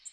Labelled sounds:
Nashville Warbler (Leiothlypis ruficapilla) flight call

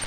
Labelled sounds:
Grace's Warbler (Setophaga graciae) flight call

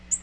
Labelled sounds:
Nashville Warbler (Leiothlypis ruficapilla) flight call

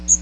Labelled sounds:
Magnolia Warbler (Setophaga magnolia) flight call

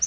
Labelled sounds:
Yellow-rumped Warbler (Setophaga coronata) flight call

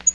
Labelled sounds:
Black-throated Green Warbler (Setophaga virens) flight call

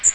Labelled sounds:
Magnolia Warbler (Setophaga magnolia) flight call

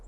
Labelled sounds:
Hermit Warbler (Setophaga occidentalis) flight call

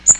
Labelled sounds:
Magnolia Warbler (Setophaga magnolia) flight call

